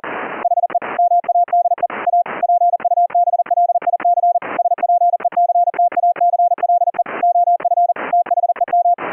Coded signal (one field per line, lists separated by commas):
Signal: Morse code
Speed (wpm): 40 wpm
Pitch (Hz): 700 Hz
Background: none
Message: HE MADE A PUBLIC SPECTACLE OF THEM